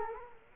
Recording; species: mosquito wingbeat signal from an infrared sensor; Culex quinquefasciatus